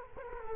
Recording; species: mosquito wingbeat signal from an infrared sensor; Culex quinquefasciatus